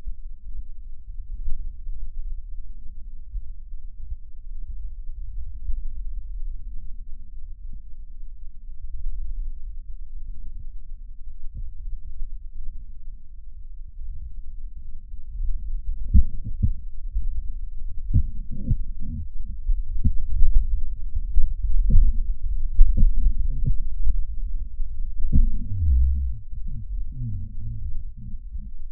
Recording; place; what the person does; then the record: lung sounds by stethoscope; left posterior basal chest; quiet breathing, then cough and speech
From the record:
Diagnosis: pulmonary infection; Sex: male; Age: 69 years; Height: 184 cm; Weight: 115 kg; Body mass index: 34.0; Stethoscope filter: bell mode